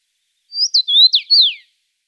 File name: Common Rosefinch